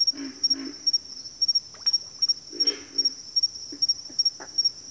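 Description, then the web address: Pig frogs grunting hoarsely, often in pairs, while a high, rhythmic insect chirp repeats steadily in the background. "Nature Sounds Sounds of Nature Collection Pig Frogs"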